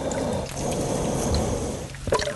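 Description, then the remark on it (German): Water sloshes and trickles steadily, then a short breathy puff bursts out near the end as a manatee exhales through its nostrils at the surface. “Ja, die spotzten halt aus ihrer Nase raus. Das ist ein bisschen wie ein Wal oder ein Delfin, der halt dann auftaucht und...”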